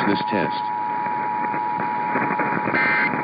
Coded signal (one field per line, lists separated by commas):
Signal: Emergency Alert System (SAME) tones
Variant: 853 and 960 Hz attention tone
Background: speech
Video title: Tests To Cap Off July (EAS #21077-21107) 7/31/24